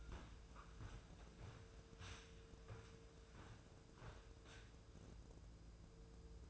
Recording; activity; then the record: daily activity, microphone in the room; walk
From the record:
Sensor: 2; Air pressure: 1005.4 hPa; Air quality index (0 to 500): 102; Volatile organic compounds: 2 ppm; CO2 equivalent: 1238 ppm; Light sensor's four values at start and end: 8/20/8/8 and 8/20/8/8